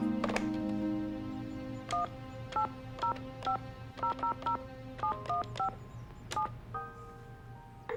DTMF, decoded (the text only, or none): 18050007157